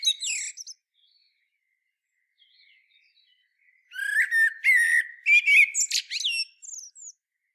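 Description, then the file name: Common blackbird with a brief squeaky note at the start, then a full song phrase of fluty whistles ending in high, sliding squeaks. "Turdus merula"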